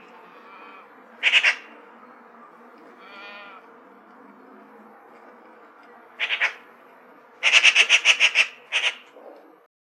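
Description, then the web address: Eurasian magpie giving short harsh chacks and a longer rattling chatter of several notes near the end, plus a brief softer nasal note in between. "сорока"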